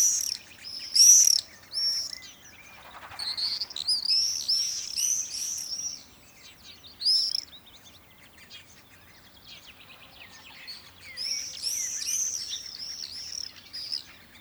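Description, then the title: Swallows giving lively, high twittering chirps in repeated bursts with brief quiet gaps. Swallows crossing a wheat field near a forest on a mild, windy summer morning. "larnichtsberg, swallows"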